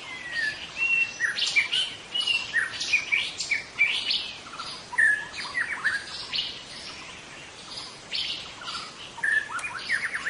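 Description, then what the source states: White-rumped shama song: varied rich whistles and quick chirping phrases mixed with harsher notes, with a brief lull, over a steady hiss of background noise. In forest.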